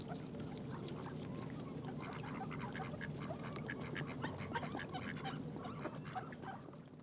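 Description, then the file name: Mallards calling as a flock, a steady dense chatter of short overlapping quacks and clucks over a constant low rumble throughout. A flock of mallard ducks. "Digiffects Sound Effects Library - Flock of Mallard Ducks"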